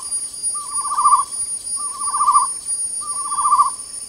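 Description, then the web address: Chestnut-necklaced partridge giving quavering whistled phrases that start with a rising note, three in a row about 1.3 seconds apart, with constant high-pitched insects behind. Recorded at Danum on 8 August 2009. "DANUM. chestnut-necklaced hill partridge"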